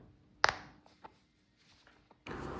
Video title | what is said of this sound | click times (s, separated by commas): Crochet Miffy Holding a Heart 🐰❤️ - Easy Amigurumi Tutorial -step by step - Malayalam tutorial | ആ click എന്ന് പറയുന്ന ശബ്ദം കേൾക്കുന്ന വരെ പ്രസ് ചെയ്യണം എന്നാലാണ് അവിടെ നല്ല സെക്യൂർ ആയിട്ട് ഇരിക്കുള്ളൂ അല്ലെങ്കിൽ ഊരി പോരും | 0.4 s